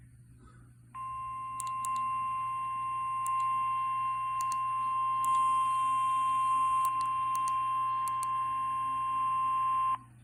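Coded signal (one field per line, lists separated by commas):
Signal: Emergency Alert System (SAME) tones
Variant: 1050 Hz attention tone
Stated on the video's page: Required Weekly Test.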